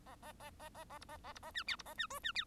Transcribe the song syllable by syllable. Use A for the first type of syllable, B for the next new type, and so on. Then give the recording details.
A A A A A A B A A B A C D B A C E C D. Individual Bird1